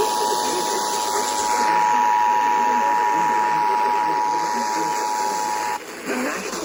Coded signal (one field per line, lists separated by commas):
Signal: Emergency Alert System (SAME) tones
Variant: 853 and 960 Hz attention tone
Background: speech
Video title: EAS #1555-1562 Severe Thunderstorm Warning 3-5-22